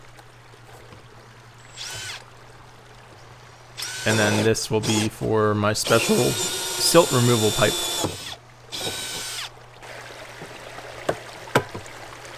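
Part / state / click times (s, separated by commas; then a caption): rubber pipe seal grommet into plastic barrel wall / seated / 11.1 s, 11.6 s. A 3-inch rubber uniseal grommet is pressed into a hole cut in a plastic barrel wall for a silt removal pipe, while someone talks and loud bursts of power-tool whirring fill the middle of the clip. The seal pops into place with two sharp clicks at 11.1 s and 11.6 s, and it is seated.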